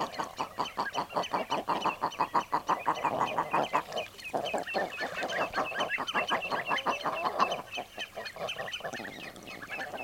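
Common eider clucking, quick repeated guttural notes in long runs, several birds calling over one another, with a brief lull near the middle.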